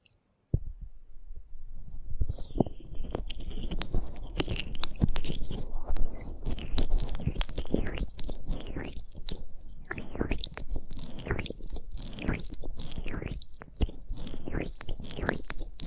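Wet squishing and crackling from gel being worked around the ear, with dense rapid sticky pops throughout after a brief silent start.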